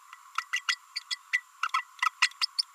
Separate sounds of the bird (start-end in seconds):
0.37-0.44, 0.52-0.61, 0.68-0.76, 1.10-1.16, 1.33-1.42, 1.63-1.68, 1.73-1.82, 2.05-2.10, 2.22-2.30, 2.41-2.45